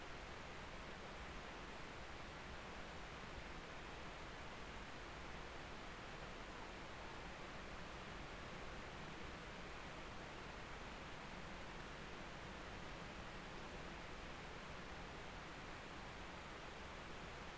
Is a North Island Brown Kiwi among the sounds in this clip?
no